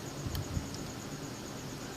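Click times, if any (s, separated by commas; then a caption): 0.4 s. A screw is turned into a threaded mounting hole in the chassis of a vintage Teac A-4010S reel-to-reel tape deck, and the thread strips out as it is turned. A sharp click comes at 0.4 seconds, followed by a softer tick at about 0.7 seconds, over a steady hiss with a faint high-pitched tone. The result is a dead, stripped thread.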